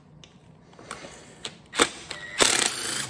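A ratchet with a bit is turned on an engine bolt during a Subaru WRX engine teardown, making a series of sharp ratcheting clicks and metallic snaps. At 1.8 s the tool slips in the bolt head with the loudest hit, followed by more clicks and a burst of noise around 2.4 to 2.6 s. The bolt head is stripped.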